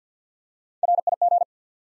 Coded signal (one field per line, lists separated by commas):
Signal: Morse code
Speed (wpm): 52 wpm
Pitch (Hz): 700 Hz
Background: none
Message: RIG